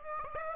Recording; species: mosquito wingbeat signal from an infrared sensor; Aedes aegypti